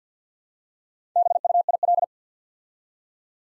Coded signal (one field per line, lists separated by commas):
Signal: Morse code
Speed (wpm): 49 wpm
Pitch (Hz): 700 Hz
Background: none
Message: BUIL